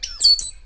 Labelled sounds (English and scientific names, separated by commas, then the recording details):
Stitchbird (Notiomystis cincta) song
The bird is a male
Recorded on Tiritiri Matangi Island, New Zealand, in 2005
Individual 10, of nest box 12